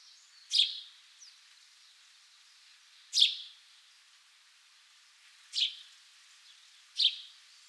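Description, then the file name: House sparrow calling, four loud chirps spaced irregularly with long pauses and a faint chirp early on. "Passer domesticus"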